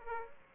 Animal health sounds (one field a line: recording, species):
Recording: mosquito wingbeat signal from an infrared sensor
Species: Aedes aegypti